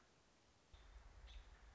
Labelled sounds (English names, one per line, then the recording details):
American Robin
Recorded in Sonoma County, California